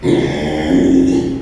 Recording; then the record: squeal of a Yucatan mini pig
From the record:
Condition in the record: after surgery on the right vocal fold (resection and tissue-engineered implant); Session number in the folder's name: 2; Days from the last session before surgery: 13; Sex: male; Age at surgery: 12 weeks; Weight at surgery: 13 kg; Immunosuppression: cyclosporine, prednisolone